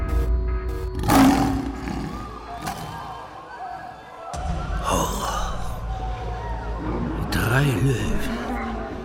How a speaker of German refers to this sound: Grimmig knurrend kreisen sie an der Mauer entlang.